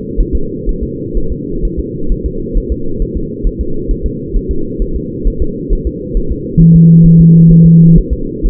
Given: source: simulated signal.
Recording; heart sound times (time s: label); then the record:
fetal heart sounds
0.20 s: S1
0.35 s: S2
0.69 s: S1
0.83 s: S2
1.17 s: S1
1.32 s: S2
1.65 s: S1
1.79 s: S2
2.12 s: S1
2.26 s: S2
2.57 s: S1
2.72 s: S2
3.02 s: S1
3.17 s: S2
3.47 s: S1
3.61 s: S2
3.91 s: S1
4.06 s: S2
4.36 s: S1
4.51 s: S2
4.82 s: S1
4.96 s: S2
5.27 s: S1
5.42 s: S2
5.73 s: S1
5.87 s: S2
6.17 s: S1
6.32 s: S2
6.61 s: S1
6.76 s: S2
7.06 s: S1
7.20 s: S2
7.51 s: S1
7.66 s: S2
7.98 s: S1
8.13 s: S2
8.46 s: S1
From the record:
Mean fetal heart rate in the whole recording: 130 bpm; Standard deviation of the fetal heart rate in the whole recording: 4 bpm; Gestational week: 38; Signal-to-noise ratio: -8.1 dB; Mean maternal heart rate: 72 bpm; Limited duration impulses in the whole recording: present